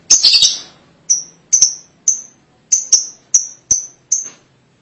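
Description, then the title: Lovebird calls: a brief harsh burst, then a string of short, piercing high chirps at uneven intervals. "Suara Burung Lovebird"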